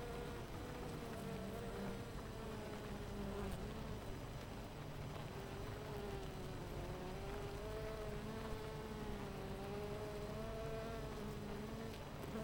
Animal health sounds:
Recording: honeybee colony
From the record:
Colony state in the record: missing queen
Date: 14 July 2017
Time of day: 10:33

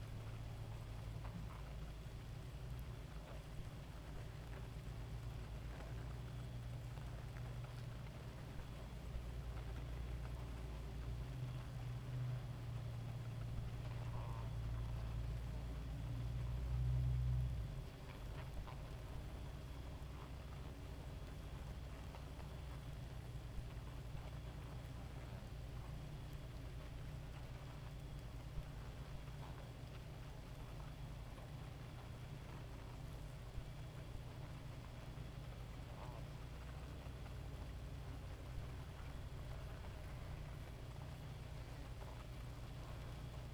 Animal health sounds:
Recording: honeybee colony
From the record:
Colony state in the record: active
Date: 28 July 2017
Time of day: 2:16

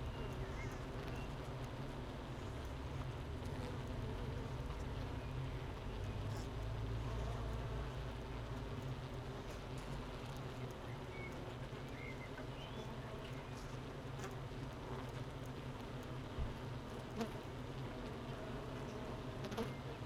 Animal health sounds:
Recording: honeybee colony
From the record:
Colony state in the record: missing queen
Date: 31 May 2018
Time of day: 8:21

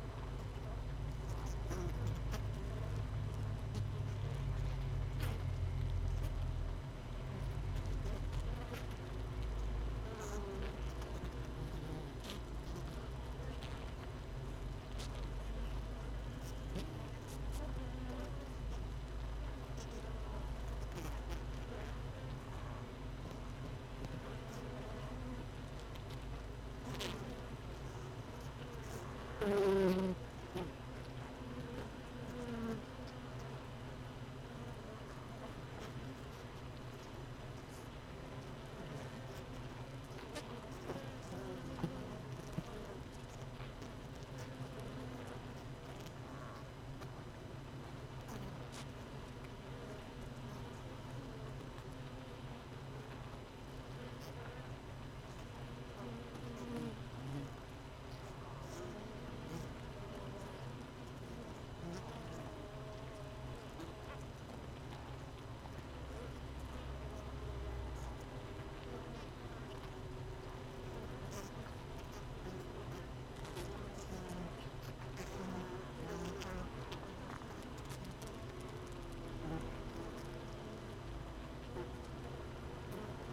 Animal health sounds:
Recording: honeybee colony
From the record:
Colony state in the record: missing queen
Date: 31 May 2018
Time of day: 17:16

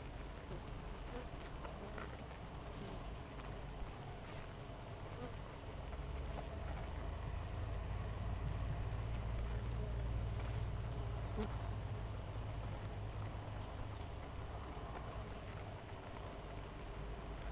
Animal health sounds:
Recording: honeybee colony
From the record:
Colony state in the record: missing queen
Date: 14 July 2017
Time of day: 6:39

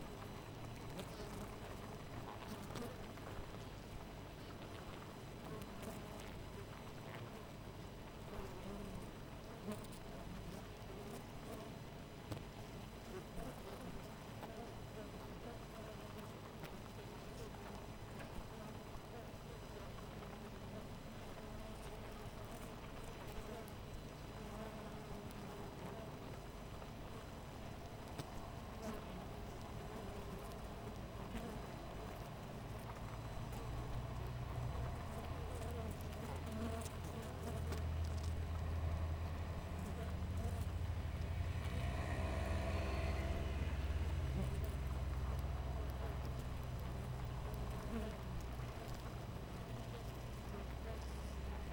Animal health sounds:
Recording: honeybee colony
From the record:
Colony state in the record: missing queen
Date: 14 July 2017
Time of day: 5:16

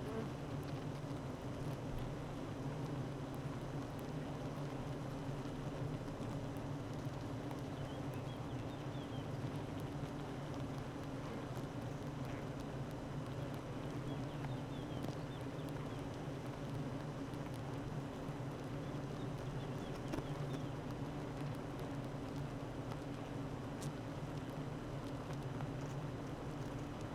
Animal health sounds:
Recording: honeybee colony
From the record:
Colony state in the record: active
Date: 12 June 2018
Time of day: 8:56

